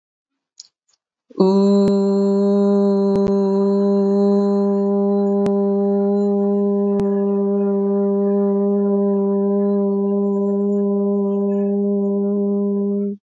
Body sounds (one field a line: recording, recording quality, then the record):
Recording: sustained vowel as in boot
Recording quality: excellent, no background noise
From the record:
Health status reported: COVID-19 positive, mild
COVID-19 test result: positive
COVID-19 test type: RT-PCR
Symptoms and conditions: cough, sore throat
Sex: female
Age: 24 years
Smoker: no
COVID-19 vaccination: both doses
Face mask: not worn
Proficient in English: yes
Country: India